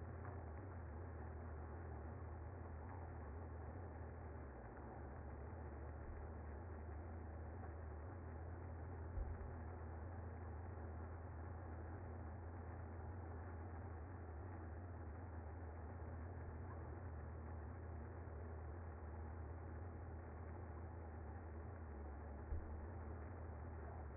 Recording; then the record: honeybee colony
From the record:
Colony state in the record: active